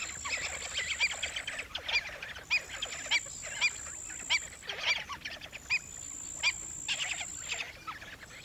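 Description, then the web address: Stilts calling in a busy chorus of overlapping nasal yelps, a few louder notes standing out every second or so, with a steady high whine on and off. "bird-songs Stilt"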